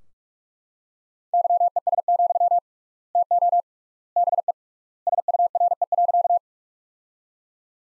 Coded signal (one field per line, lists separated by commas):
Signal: Morse code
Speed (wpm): 41 wpm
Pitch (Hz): 700 Hz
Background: none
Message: YES, TO BE SURE.